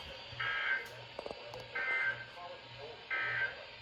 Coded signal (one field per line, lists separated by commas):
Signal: Emergency Alert System (SAME) tones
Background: speech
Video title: A Spiced Up Marginal - Alerts from 9/21/24 (EAS #1356 - 1374)